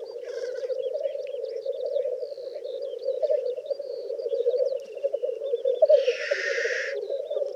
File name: Black Grouse (Tetrao tetrix)